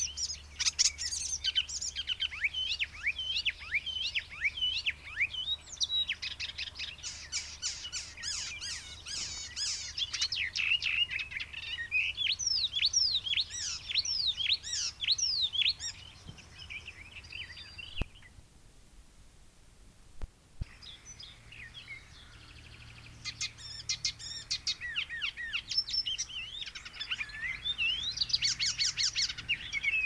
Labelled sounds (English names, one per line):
Icterine Warbler song